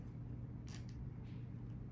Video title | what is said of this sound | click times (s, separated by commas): Easy Fourth of July Wreath DIY - Easy Wreath Tutorial For Beginners - DIY Patriotic Wreath | You have to hear that clicking noise. If you don't, it's not it's not going to stay. | 0.7 s, 0.9 s